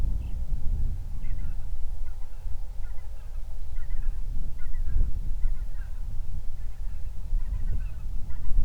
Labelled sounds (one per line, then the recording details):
songbird
waterfowl
wind
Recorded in the Prudhoe Bay oil fields, Alaska, on 31 July 2019 at 07:57
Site 24